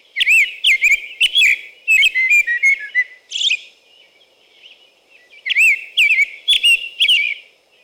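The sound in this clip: American robin song in two bursts of repeated rich whistled phrases, rising and falling, with a quieter interval between them.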